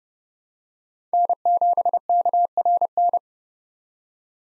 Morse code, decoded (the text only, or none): N7KRN